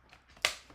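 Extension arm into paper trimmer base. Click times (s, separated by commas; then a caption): 0.4 s. The extension arm of a paper trimmer is pulled out of the trimmer base to measure up to 17 inches. After a faint tick at 0.1 s, it snaps into its locked position with a sharp, loud snap at 0.5 s. The arm is seated.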